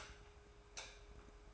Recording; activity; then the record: daily activity, microphone in the room; light on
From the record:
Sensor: 2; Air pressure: 1010.1 hPa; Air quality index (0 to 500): 161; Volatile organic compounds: 7 ppm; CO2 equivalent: 2021 ppm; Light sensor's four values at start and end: 41/99/44/50 and 41/99/44/50